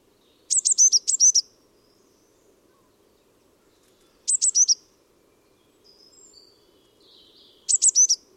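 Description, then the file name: Eurasian blue tit call: three bursts of high, sharp, rapidly repeated notes spaced several seconds apart, with faint soft bird notes between them. "Cyanistes caeruleus"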